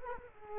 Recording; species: mosquito wingbeat signal from an infrared sensor; Culex quinquefasciatus